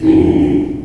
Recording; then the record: squeal of a Yucatan mini pig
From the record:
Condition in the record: before surgery on the right vocal fold (resection and tissue-engineered implant); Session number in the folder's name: 1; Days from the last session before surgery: -21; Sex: female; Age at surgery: 19 weeks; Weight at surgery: 25 kg